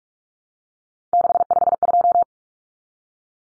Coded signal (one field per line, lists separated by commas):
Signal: Morse code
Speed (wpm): 44 wpm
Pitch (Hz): 700 Hz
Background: none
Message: 652